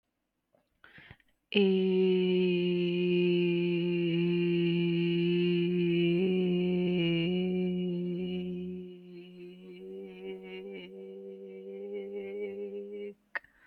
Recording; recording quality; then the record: sustained vowel as in made; excellent, no background noise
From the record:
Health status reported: healthy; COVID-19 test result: negative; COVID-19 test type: RT-PCR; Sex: female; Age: 29 years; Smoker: no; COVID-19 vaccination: one dose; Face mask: not worn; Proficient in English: yes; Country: India